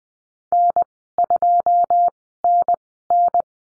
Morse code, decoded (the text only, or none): N2NN